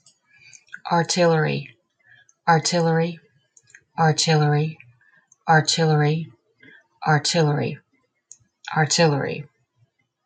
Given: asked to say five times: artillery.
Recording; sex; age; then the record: repeated word; female; 40 to 49 years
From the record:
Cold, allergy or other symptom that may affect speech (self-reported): no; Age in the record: 47 years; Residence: South Carolina, United States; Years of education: 14